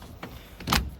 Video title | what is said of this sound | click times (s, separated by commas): How to install Bak Revolver tonneau cover | push that down it will lock into place | 0.8 s